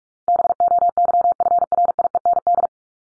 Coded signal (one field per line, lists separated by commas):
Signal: Morse code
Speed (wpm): 44 wpm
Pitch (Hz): 700 Hz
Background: none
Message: BOYFRIEND